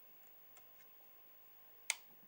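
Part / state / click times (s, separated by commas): ROM chip into programmer socket / seated / 1.9 s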